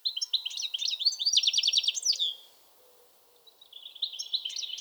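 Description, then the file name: European goldfinch twittering song, a rapid tinkling run of high notes for two seconds, a pause, then more chattering phrases near the end. "Carduelis carduelis"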